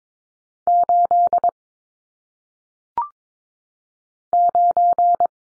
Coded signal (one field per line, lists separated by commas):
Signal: Morse code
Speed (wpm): 22 wpm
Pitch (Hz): 700 Hz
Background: none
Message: 8 9